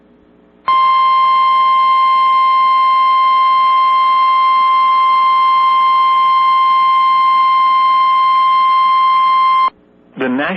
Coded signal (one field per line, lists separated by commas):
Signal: Emergency Alert System (SAME) tones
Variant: 1050 Hz attention tone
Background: speech